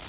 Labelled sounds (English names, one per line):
Bay-breasted Warbler flight call